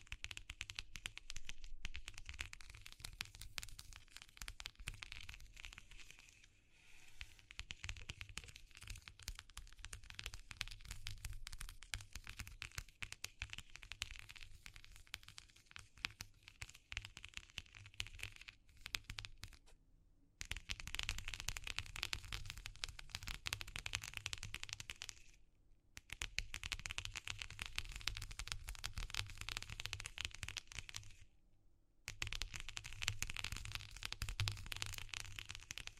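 A dense, crackling texture of rapid snaps and pops runs almost without pause, bright and gritty, over a steady low rumble. The sound cuts out abruptly for brief silences near 20, 26 and 31 seconds, then resumes at the same intensity.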